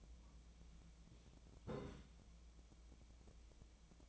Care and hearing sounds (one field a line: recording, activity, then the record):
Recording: daily activity, microphone in the room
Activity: take from stove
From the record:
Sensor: 1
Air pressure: 1010.0 hPa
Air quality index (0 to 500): 187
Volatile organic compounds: 17 ppm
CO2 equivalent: 2573 ppm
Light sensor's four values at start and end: 38/97/41/49 and 38/96/40/49